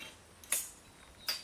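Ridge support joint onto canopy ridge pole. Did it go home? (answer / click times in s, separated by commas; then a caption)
yes / 0.5 s. A plastic ridge support joint is pushed onto the metal ridge pole of a Trimline canopy frame. A faint tap at 0.4 s leads into a sharp, bright click at 0.5 s, and a second similar click follows at 1.3 s. The joint seats, clicking into place at 0.5 s.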